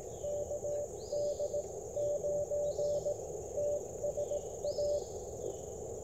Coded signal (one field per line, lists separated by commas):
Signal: Morse code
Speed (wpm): 21 wpm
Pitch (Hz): 590 Hz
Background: none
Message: KD9TSA